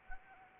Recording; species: mosquito wingbeat signal from an infrared sensor; Anopheles arabiensis